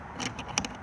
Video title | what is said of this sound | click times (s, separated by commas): 48028 Benimar 2021 Tessoro T463 outside handover | to this point just here and we'll then lock into place and allow to turn the gas on | 0.6 s